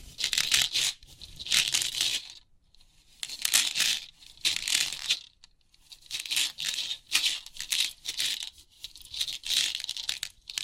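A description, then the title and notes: Crisp pin art tingles: bursts of bright, dense clicking and rattling, like many pins sliding and pressing, come in waves about every second or two. Pauses between bursts are nearly silent, with only a faint low rumble underneath. Crisp 3D Pin Art Tingles(No Talking).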